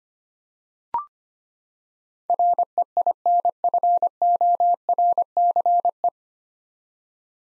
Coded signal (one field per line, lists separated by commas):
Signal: Morse code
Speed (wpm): 25 wpm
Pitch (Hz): 700 Hz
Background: none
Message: REINFORCE